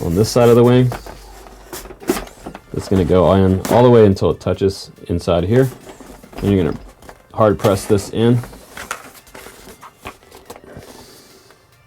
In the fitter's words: I didn't hear any clicks so it doesn't sound there cuz any type of click there if